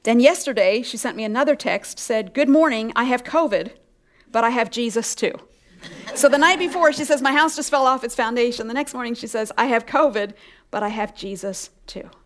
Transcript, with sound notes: Then yesterday she sent me another text and said, “Good morning. I have COVID, but I have Jesus, too.” (laughter) So the night before she said, “My house just fell off its foundation.” And the next morning she says, “I have COVID, but I have Jesus, too.”